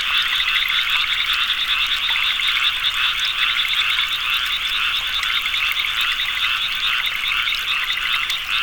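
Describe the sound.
Massed frogs giving rapid rattling croaks, a continuous pulsing chorus with slight swells in loudness.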